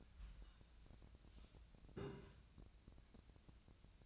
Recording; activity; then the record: daily activity, microphone in the room; take from stove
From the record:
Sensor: 2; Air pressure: 1009.8 hPa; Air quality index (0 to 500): 180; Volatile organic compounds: 10 ppm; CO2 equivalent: 2253 ppm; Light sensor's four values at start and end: 32/78/33/37 and 31/77/33/37